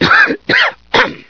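Three short, harsh coughs from an adult in quick succession, each separated by a brief silence.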